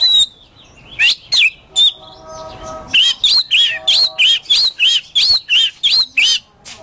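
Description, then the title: Oriental magpie-robin song: sharp rising whistles, then a steady train of about three loud chirps per second for several seconds. Competition magpie-robin ('kacer poci'), national champion, singing 'gacor' with 'nembak' and 'ngerol' song styles; seven kinds of sound every three minutes. "Kacer Poci Gacor Nembak Dan Ngerol Juara Nasional. 7 macam suara kacer setiap 3 menit"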